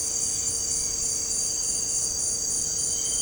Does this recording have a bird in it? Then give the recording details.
no. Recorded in dense forest near Puerto Asís, Putumayo, Colombia, on 13 March 2025 at 18:00. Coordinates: 0.467, -76.328. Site G041